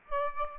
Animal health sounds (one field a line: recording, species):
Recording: mosquito wingbeat signal from an infrared sensor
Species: Aedes aegypti